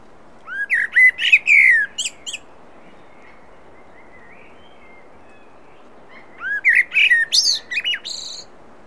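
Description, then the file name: Common blackbird singing two phrases several seconds apart, each a run of mellow whistled notes ending in high squeaky twittering, with quiet pauses between. "Turdus merula"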